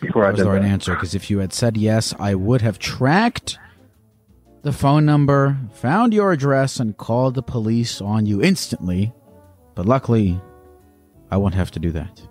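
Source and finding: Adult male speaker. Normal speech.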